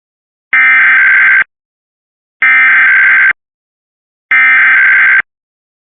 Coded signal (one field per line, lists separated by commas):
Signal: Emergency Alert System (SAME) tones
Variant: header bursts